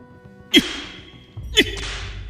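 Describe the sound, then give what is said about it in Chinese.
Two sharp whip lashes strike a child's body about a second apart as a family punishment, each a loud snapping crack followed by a brief hissing, high-pitched decay, with no voices present. “啪啪，鞭子带着劲风抽在身上，是皮开肉绽的闷响。”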